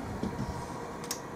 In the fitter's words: you hear the click